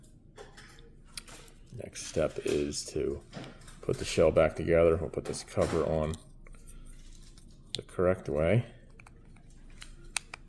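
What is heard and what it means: Someone talks while handling the plastic cover of a Honda key remote fob shell (CR-V, Pilot, HR-V), getting ready to press it back onto the other half the correct way after a battery replacement. Faint taps and sharp plastic ticks occur between the words, but nothing has seated or snapped together yet.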